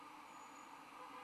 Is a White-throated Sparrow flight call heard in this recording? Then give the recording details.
no. No flight call is heard. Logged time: 21:31 on 20 December 2014